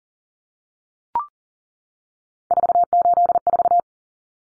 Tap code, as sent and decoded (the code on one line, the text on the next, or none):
none